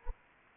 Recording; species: mosquito wingbeat signal from an infrared sensor; Anopheles arabiensis